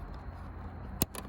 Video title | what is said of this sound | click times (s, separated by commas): LED Smoked Bumper Lights 2018-2022 Honda Accord ( Animated+ sequential) | then you hear that click | 1.0 s